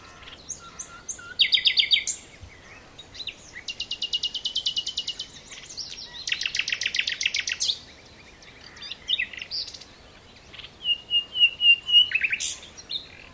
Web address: SETE data Luscinia megarhynchos